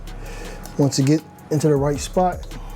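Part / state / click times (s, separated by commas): engine component into its mount on the motorcycle engine / not seated / none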